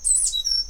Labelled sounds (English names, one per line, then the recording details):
Stitchbird song
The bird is a male
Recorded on Tiritiri Matangi Island, New Zealand, in 2005
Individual 8, of nest box 10